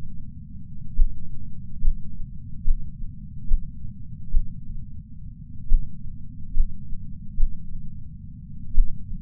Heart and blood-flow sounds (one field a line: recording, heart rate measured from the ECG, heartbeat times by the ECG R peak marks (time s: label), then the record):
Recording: heart sounds by patch sensor on the chest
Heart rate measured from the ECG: 62 bpm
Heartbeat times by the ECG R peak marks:
0.95 s: heartbeat
1.80 s: heartbeat
2.63 s: heartbeat
3.47 s: heartbeat
4.29 s: heartbeat
5.68 s: heartbeat
6.53 s: heartbeat
7.36 s: heartbeat
8.74 s: heartbeat
From the record:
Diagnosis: coronary artery disease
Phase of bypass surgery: intraoperative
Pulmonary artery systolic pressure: 28 mmHg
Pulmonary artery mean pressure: 20 mmHg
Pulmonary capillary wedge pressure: 13 mmHg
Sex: male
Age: 57 years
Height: 172 cm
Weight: 86 kg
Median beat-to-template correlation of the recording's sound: 0.92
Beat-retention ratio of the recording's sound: 0.99